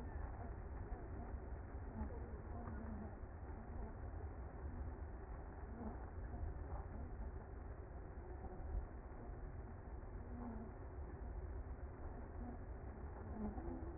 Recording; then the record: honeybee colony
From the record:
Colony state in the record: active